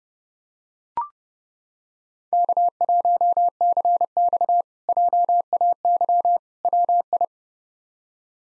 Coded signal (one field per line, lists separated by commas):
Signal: Morse code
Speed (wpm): 30 wpm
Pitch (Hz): 700 Hz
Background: none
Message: K1CX JAY WI